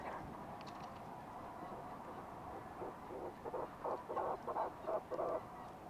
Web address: sound fulmar-prion